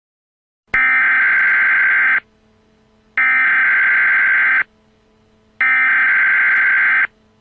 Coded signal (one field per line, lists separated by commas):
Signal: Emergency Alert System (SAME) tones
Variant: header bursts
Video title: Emergency Alert System - Yellow Fever Biological Attack. Cove, Oregon.